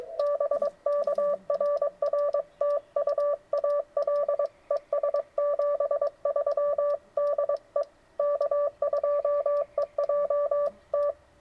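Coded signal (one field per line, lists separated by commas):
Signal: Morse code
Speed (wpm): 22 wpm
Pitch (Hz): 1750 Hz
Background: none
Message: BK RR TU AL ES 73 DE K2EJT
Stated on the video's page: Park activation (POTA) at a state forest at night, 20 W from an FTDX10, good bands with piles of callers.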